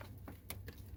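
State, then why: Not seated. A coolant hose quick-connect coupling on a 2.4L Jeep Renegade is handled by hand as it is pushed back toward its engine coolant fitting. A few faint, brief taps and rustles are heard over a steady low hum, with the sharpest at 0.5 s. Nothing has seated or clicked yet.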